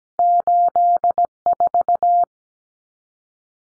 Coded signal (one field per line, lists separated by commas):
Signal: Morse code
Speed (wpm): 17 wpm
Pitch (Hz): 700 Hz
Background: none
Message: 84